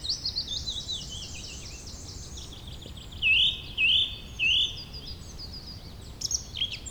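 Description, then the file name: Birds singing: dense high chirps and trills, with three loud whistled notes between three and five seconds, over steady low background noise. "beautiful Birdsong"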